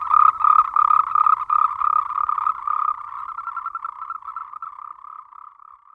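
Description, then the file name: Moltrecht's green treefrog calls: a dense series of rapid, rattling croaks around one steady pitch, pulsing several times a second, fading gradually toward the end. "Rhacophorus moltrechti"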